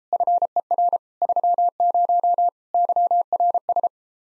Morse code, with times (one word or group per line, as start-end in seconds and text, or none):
0.1-1.0 FER
1.2-2.5 30
2.7-3.9 YRS